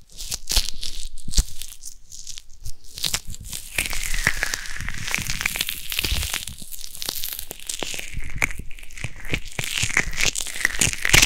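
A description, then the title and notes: Dense crinkling and rubbing sounds brush against the microphone, with crisp scratchy bursts and soft thuds continuing steadily. ASMR Ear Massage.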